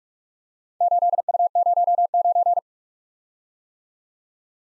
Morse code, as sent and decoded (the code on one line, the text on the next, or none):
---.. ..- ----- ----.
8U09